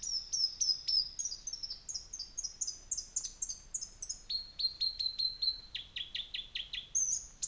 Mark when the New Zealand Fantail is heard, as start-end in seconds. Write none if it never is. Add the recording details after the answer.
none. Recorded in New Zealand on 24 December 2018. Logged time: 10:15